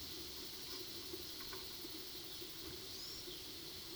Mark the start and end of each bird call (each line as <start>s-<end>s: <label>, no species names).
2.89s-3.25s: bird call